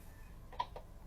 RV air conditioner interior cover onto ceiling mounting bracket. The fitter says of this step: Simply snap it into place.